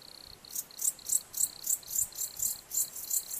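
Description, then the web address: Cricket chirps as rapid high pulsed trills in short bursts, overlaid by piercing very high chirps repeated roughly three times a second. Crickets in a beech forest. "bosco grilli in faggeta"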